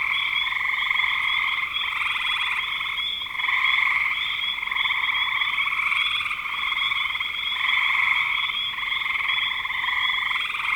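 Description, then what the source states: Frog chorus of overlapping trilled calls, steady and dense, with a few small lulls. Frogs recorded in spring 2025.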